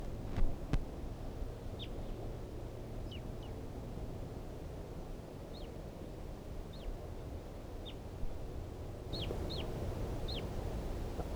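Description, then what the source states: Red Crossbill calls: short, sharp, downward-slurred high notes given singly or in quick pairs, several in all, over a steady low rumbling background. Wild type 2 bird, recorded at 5:21.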